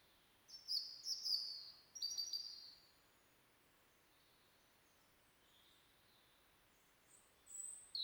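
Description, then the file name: European robin song: two brief high phrases early on, a long quiet gap, then short high notes at the end. "Erithacus rubecula"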